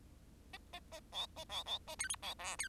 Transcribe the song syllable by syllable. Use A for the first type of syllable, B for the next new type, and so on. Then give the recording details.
A A A B A B B A C D B E C. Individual Bird10